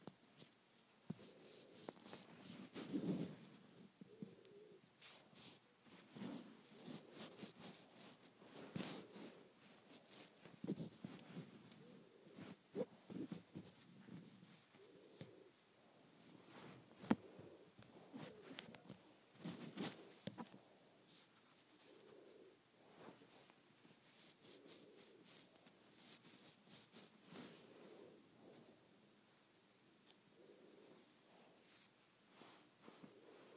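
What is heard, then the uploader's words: Hair braiding: dense crackles and soft rustles of strands being handled and pulled, coming in quick irregular bursts throughout. Low, muffled hums and brushing sounds rise and fade beneath the crisp snaps. ASMR Hair Braiding.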